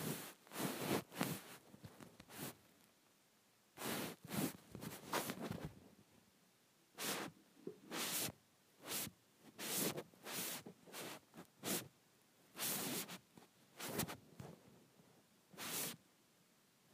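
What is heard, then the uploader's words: A phone rubbed against a blanket makes soft, scratchy swishes in irregular bursts, with short quiet gaps throughout. Rubbing my Phone on my Blanket.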